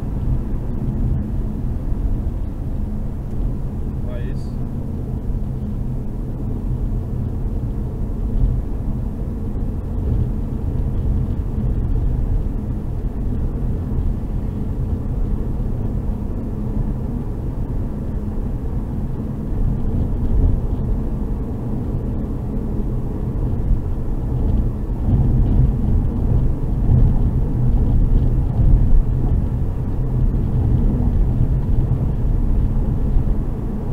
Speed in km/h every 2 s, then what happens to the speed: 104, 98, 95, 97, 100, 104, 104, 104, 105, 102, 102, 104, 107, 108, 110, 110, 112.
0-5 slows to 95. 5-10 speeds up to 104. 10-20 steady at about 104. 20-34 speeds up to 112.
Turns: none.